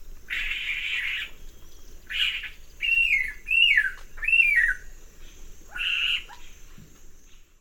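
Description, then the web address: Black-capped donacobius song: broad buzzy bursts alternating with three loud arched whistles that rise then slide down, then more buzzy notes. Eastern lowlands of South America. "Natures Songs S America Eastern Lowlands. Black-capped Donacobius"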